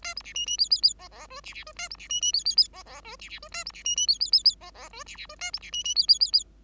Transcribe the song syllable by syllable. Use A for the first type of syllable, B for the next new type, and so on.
A B C D D E E E F F G C C G A B C D D E E E F F G C C G A B C D D E E E E F F G C C G A B C D D E E E E